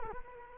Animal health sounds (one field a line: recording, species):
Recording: mosquito wingbeat signal from an infrared sensor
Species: Culex quinquefasciatus